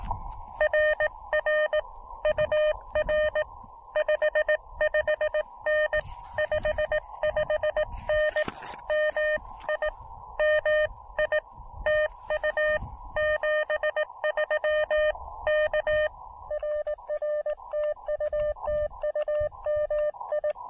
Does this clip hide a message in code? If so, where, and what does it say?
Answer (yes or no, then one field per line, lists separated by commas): yes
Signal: Morse code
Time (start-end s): 0.6-20.5 s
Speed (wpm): 20 wpm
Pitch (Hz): 590 Hz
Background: none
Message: RR UR 55N 55N MI MI TU 73 K RR TU TU MI